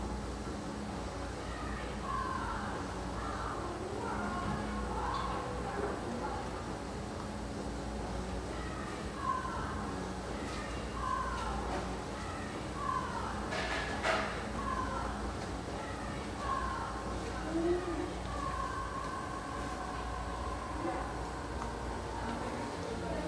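Coffeehouse ambience in Hazelwood, Portland: steady murmured conversation over a low hum, with occasional clinks and brief sharper clatters throughout.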